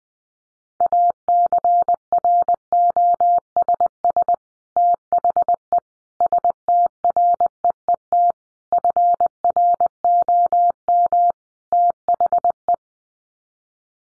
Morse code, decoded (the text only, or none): ACROSS THE STREET FROM THE